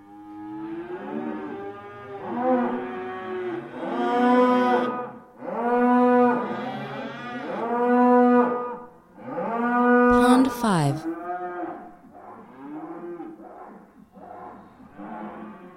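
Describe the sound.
Cattle lowing: a run of long, deep, harmonic moos roughly every two seconds, some rising then falling, with a brief harsh noise burst partway through.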